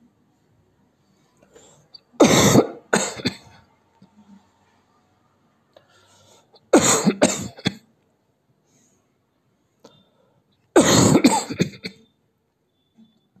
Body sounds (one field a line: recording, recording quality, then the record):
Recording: heavy voluntary cough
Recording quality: excellent, no background noise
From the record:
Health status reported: healthy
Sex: male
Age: 50 years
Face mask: not worn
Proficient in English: yes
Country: India